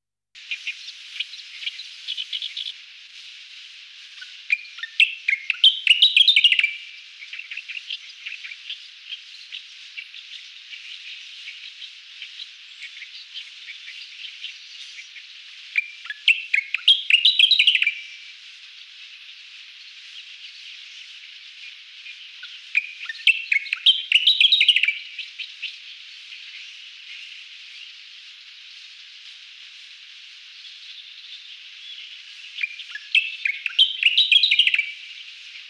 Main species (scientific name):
Locustella fasciolata